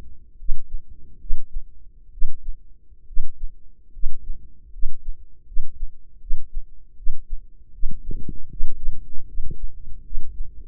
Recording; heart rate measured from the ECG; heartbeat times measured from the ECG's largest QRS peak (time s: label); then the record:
heart sounds by microphone in the left ear; 75 bpm
0.37 s: heartbeat
1.19 s: heartbeat
2.11 s: heartbeat
3.06 s: heartbeat
3.92 s: heartbeat
4.71 s: heartbeat
5.45 s: heartbeat
6.19 s: heartbeat
6.96 s: heartbeat
7.72 s: heartbeat
8.49 s: heartbeat
9.26 s: heartbeat
10.03 s: heartbeat
From the record:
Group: healthy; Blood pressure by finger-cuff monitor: 104/58 mmHg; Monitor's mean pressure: 72 mmHg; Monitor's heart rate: 76 bpm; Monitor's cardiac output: 6.7 L/min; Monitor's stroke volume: 91 mL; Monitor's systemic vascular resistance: 760 dyn s/cm5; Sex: female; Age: 22 years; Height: 157 cm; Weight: 47.6 kg